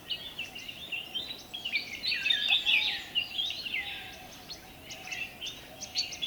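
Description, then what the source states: Bulbul calls: many quick, overlapping chirps and slurred whistles tumbling together, building to a louder burst midway, then continuing more softly, with a faint hum underneath. Several bulbuls, described as cheery.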